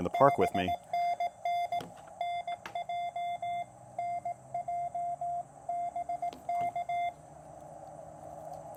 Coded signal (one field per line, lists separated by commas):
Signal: Morse code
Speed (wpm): 18 wpm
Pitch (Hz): 700 Hz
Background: speech, radio noise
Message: BNN NJ NJ BK